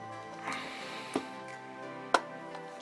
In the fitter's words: You'll hear it clip in.